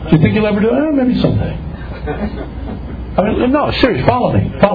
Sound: laugher